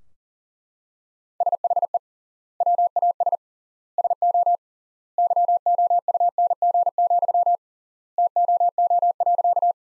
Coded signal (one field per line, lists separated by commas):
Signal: Morse code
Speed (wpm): 40 wpm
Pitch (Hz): 700 Hz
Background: none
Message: SHE WAS SO YOUNG, TOO.